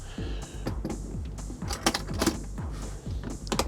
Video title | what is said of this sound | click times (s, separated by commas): First-time step-by-step setup guide - Salted Line Waterproof Camera Housings | Latch 1, latch 2, when you're closing the latch, make sure you hear the click | 1.9 s, 3.5 s